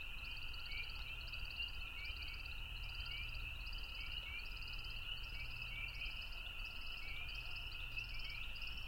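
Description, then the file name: American woodcock flight twittering in short chippering bursts just under a second apart, set against a constant ringing chorus of peeping frogs and low background hum. Stereo recording of the woodcock's flight, spring peepers calling in the background. "american woodcock stereo flight with peepers"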